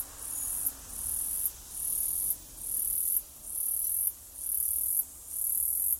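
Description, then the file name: Cicada giving long high buzzes, each under a second, separated by short gaps in a steady rhythm, with faint low background hum. Australia. "INSECT AUS CICADA"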